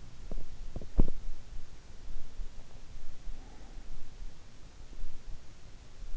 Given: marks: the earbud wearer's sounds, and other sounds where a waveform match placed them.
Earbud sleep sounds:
sounds in sleep by an in-ear microphone; teeth grinding, breath
0.00-1.93 s: teeth grinding
2.93-4.14 s: breath

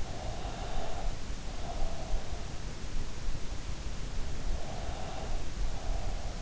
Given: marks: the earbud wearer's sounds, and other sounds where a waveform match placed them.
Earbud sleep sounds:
sounds in sleep by an in-ear microphone; breath
0.02-2.25 s: breath
4.52-6.32 s: breath

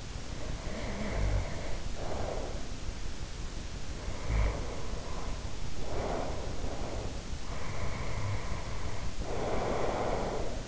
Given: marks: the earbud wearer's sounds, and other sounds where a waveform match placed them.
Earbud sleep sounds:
sounds in sleep by an in-ear microphone; snoring breath, breath
0.00-2.85 s: snoring breath
3.92-7.20 s: snoring breath
7.40-10.68 s: breath

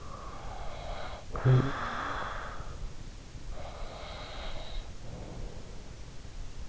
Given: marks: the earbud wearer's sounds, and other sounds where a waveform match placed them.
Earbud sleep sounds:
sounds in sleep by an in-ear microphone; snoring breath, breath
0.65-3.22 s: snoring breath
2.88-5.91 s: breath

